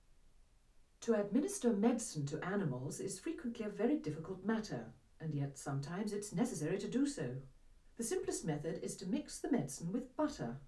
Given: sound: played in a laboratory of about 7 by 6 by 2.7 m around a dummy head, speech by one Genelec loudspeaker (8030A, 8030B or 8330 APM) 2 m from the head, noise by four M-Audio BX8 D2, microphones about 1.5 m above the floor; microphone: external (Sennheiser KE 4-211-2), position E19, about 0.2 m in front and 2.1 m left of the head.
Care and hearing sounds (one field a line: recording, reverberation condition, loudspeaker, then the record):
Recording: female speech in English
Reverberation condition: low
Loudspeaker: 90 degrees to the right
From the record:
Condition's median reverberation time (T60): about 310 ms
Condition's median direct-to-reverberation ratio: about 3.5 dB